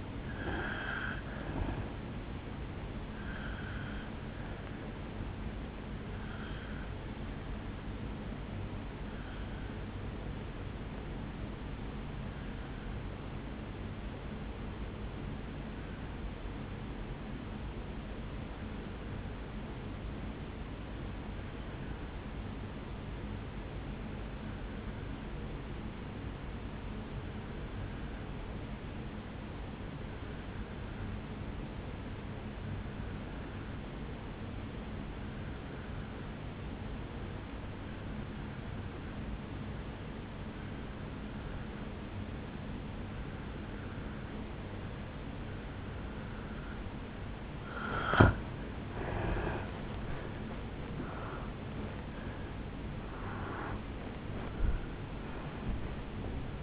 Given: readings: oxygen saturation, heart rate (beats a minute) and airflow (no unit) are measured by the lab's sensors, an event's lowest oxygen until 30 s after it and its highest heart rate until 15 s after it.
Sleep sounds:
breathing in sleep by a voice recorder at the bedside; 1
10.00-49.50 s: obstructive apnea (N1, oxygen 98% highest, then 84% lowest, heart rate 55 at the start, 78 highest)
18.00-48.00 s: new sleep stage, N2 (light sleep)
48.00-56.63 s: new sleep stage, N1 (lightest sleep)
From the record:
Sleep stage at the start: N1 (lightest sleep); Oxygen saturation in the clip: 82 to 98%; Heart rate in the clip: 54 to 78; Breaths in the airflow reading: 5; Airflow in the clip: -10.9 to 8.0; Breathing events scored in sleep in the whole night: 449 in 7.0 hours asleep

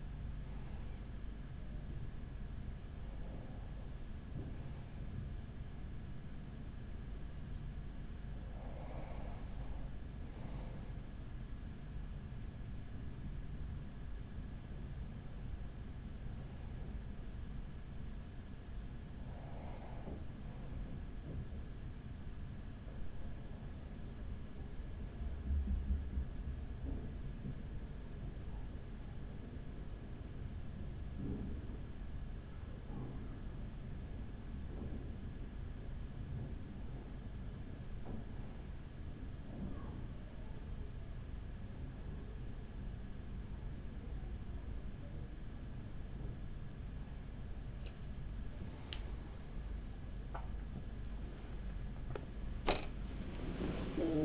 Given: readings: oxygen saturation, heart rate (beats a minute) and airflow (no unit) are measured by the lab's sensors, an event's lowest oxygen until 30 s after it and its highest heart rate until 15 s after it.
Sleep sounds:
breathing in sleep by a smartphone at the bedside; 1
21.00-41.90 s: hypopnea (N1, oxygen 96% highest, then 95% lowest, heart rate 46 at the start, 61 highest)
47.00-54.25 s: new sleep stage, awake
50.00-54.25 s: awake
From the record:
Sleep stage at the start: N1 (lightest sleep); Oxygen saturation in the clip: 94 to 96%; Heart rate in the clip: 41 to 55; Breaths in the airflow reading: 12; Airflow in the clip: -5.2 to 6.4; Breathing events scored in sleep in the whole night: 207 in 7.6 hours asleep

